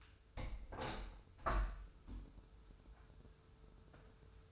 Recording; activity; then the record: daily activity, microphone in the room; open window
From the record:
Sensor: 2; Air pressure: 995.5 hPa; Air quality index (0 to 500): 98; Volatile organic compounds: 5 ppm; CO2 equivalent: 1811 ppm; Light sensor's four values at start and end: 24/77/30/29 and 24/77/31/29